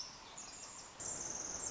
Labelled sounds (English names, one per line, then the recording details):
Pacific Wren
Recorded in Sonoma County, California